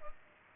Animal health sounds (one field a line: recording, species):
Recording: mosquito wingbeat signal from an infrared sensor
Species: Culex pipiens